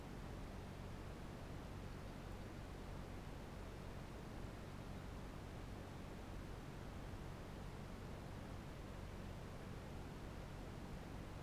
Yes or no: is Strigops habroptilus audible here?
no